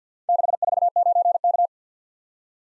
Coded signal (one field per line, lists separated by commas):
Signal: Morse code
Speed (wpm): 51 wpm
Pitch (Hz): 700 Hz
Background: none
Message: 649K